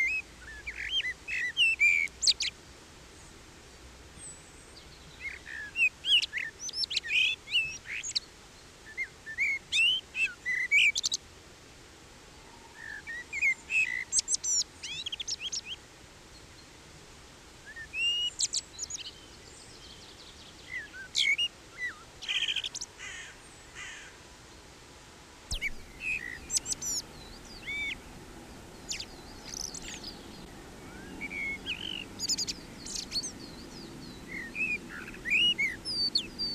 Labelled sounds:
Common Blackbird song

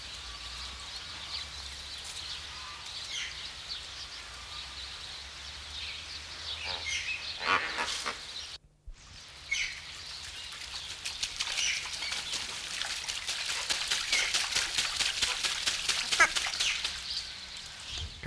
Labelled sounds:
Puna Ibis

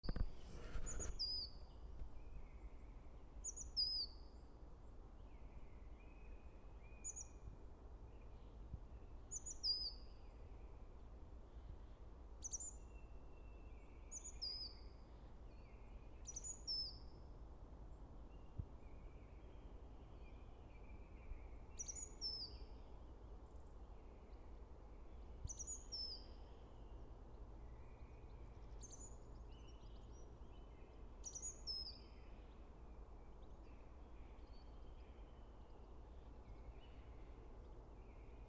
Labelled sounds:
Great Tit song

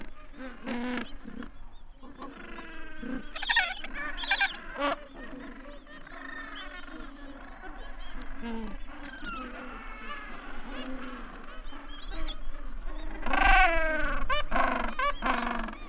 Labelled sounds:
Gentoo Penguin call

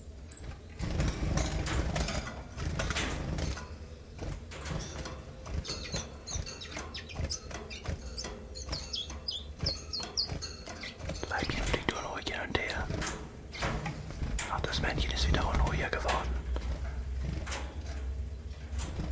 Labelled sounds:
Common Chiffchaff

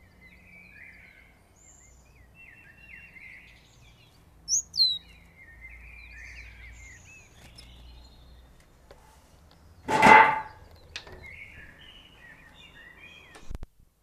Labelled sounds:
Great Tit call

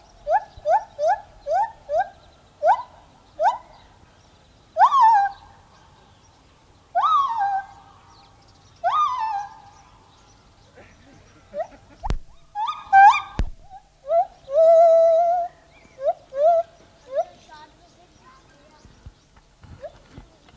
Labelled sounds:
Lar Gibbon song

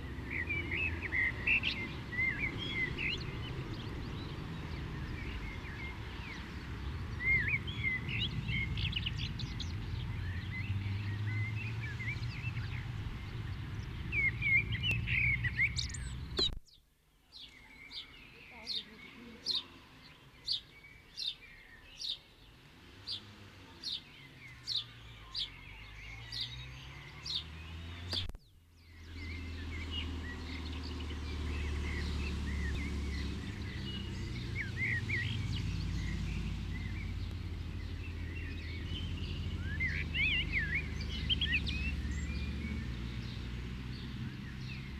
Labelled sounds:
Common Blackbird song

